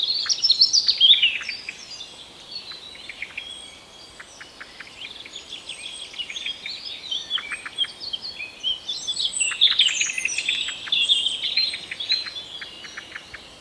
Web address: geluiden merel roep